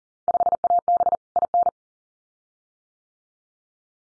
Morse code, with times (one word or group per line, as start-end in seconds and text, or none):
0.3-1.2 5AB
1.4-1.7 IN